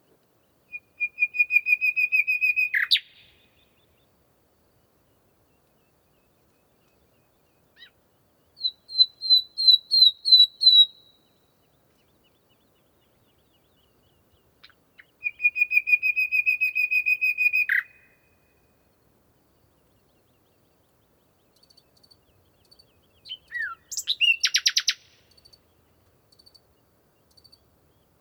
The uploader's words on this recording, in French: Lesches et Saint Dizier en diois - nagra seven - 2X mkh40 et 8020.